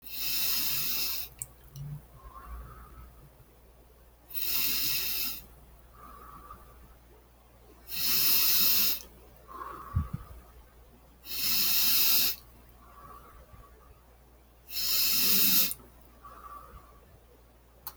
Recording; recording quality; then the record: deep breathing; excellent, no background noise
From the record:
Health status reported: recovered from COVID-19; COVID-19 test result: positive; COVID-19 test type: RT-PCR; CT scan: not taken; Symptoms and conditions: none ticked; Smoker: no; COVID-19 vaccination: none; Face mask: not worn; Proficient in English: yes